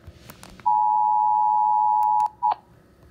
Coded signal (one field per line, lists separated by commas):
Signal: Emergency Alert System (SAME) tones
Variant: 853 and 960 Hz attention tone